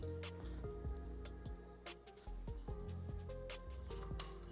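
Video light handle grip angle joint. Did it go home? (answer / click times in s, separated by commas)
yes / 4.2 s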